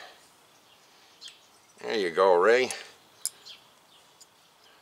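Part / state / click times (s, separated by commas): brake pad abutment clip into caliper bracket / seated / 3.2 s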